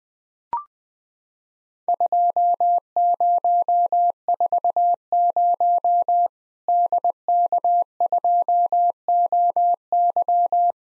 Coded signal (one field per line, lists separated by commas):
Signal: Morse code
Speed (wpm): 20 wpm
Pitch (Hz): 700 Hz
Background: none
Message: 2040 DK2OY